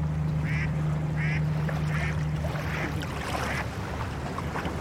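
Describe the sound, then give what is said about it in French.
The engine of a passing flat barge that appears to carry sand drones with a steady low hum that fades out after a few seconds as the boat moves away, over a constant wash of water and waves that gently die down, with a few short, repeated calls on top. “Ce que je trouve très agréable là, c'est de à la fois d'entendre la façon dont les vagues doucement diminuent et s'éteignent, et en même temps que le bateau, le bruit du bateau doucement s'éloigne.”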